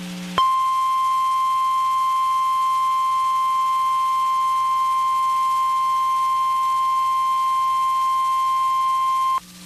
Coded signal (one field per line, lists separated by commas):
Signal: Emergency Alert System (SAME) tones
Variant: 1050 Hz attention tone